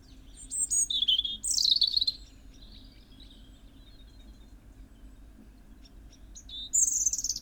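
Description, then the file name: European robin song: a high, silvery phrase with falling slurs, a long pause, then a fresh phrase starting at the end. "Erithacus rubecula"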